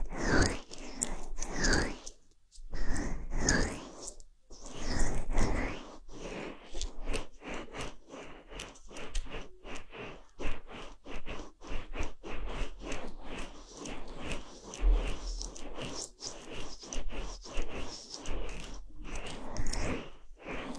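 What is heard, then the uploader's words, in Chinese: Ear cleaning with a fluffy bonten ear pick: dense, crackly scratching and rustling strokes come in quick, irregular bursts. A few louder, fuller sweeps fill the first five seconds, then the crackle settles into a steadier rapid patter with faint low thumps. 梵天掏耳。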